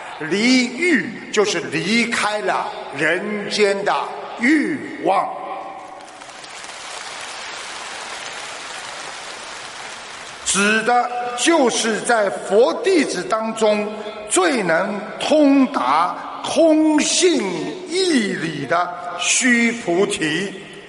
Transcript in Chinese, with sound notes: “离欲”，就是离开了人间的欲望，（掌声）这个指的就是在佛弟子当中最能通达空性义理的须菩提。